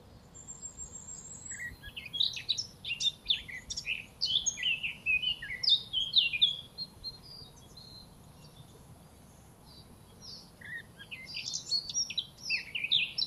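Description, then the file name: Eurasian blackcap delivering two bursts of fast, mixed warbling notes separated by a pause of a few seconds, with a steady high thin tone running in the background. "Sylvia atricapilla"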